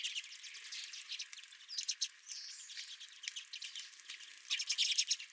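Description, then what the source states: Redpolls giving scattered dry, buzzy chattering notes with a brief whistled call midway, softer at first and building to a brisker burst of chatter at the end. Several redpolls visiting the recordist's feeder.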